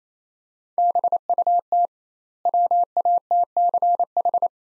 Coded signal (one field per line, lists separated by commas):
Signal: Morse code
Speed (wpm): 28 wpm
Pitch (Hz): 700 Hz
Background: none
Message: BUT WATCH